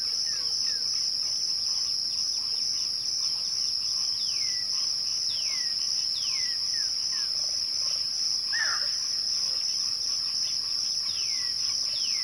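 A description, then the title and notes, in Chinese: Birds call at dusk over a dense, unbroken shrill of insects that holds a steady high band throughout. Short downward-sweeping whistles repeat every second or so, with a brighter, fuller call near eight seconds. 大自然的声音-暮光鸟鸣。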